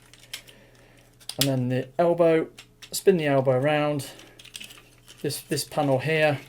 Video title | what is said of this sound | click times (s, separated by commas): Transforming Review #272 Tobot (2023) Tobot Z | slide it across and then click into place | 0.3 s